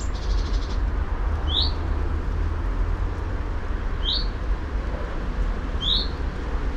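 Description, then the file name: Common chaffinch calls: three short, sharp upslurred notes a couple of seconds apart, over a constant low rumble. "Fringilla coelebs"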